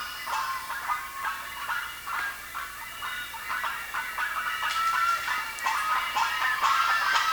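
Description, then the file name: Bird calls in a busy chatter: rapid rasping notes, several per second, that grow denser and louder toward the end, with a few drawn-out whistled tones. "SABIOD 50 bird 2015"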